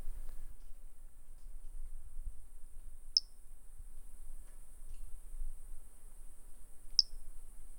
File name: Brachycephalus tridactylus individual 01 collected MHNCI 10294 by MR Bornschein